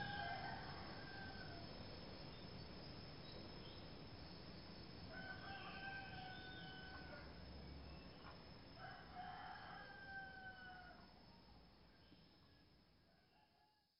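A rural morning in the countryside, with a rooster crowing in long, drawn-out calls around five and nine seconds, answered by other birds. Beneath it runs a dense, steady bed of rustling and insect hum that slowly fades toward the end.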